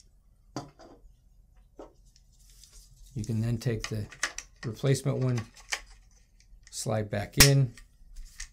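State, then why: Seated. Someone talks while a replacement magazine well insert is slid back into the lower receiver of a Ruger PC Carbine, with a few faint taps and scrapes along the way. The assembly is pushed in until it latches, and a sharp click at 8.4 s marks it seating into place.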